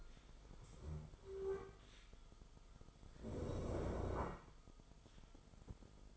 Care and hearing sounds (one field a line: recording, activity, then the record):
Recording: daily activity, microphone in the room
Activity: stand up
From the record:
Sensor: 5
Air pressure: 1005.5 hPa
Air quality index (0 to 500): 105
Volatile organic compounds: 2 ppm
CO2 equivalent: 1289 ppm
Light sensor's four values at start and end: 34/78/31/29 and 34/78/31/29